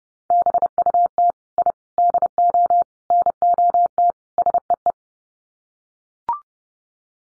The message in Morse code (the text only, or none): BUT I DO NOT SEE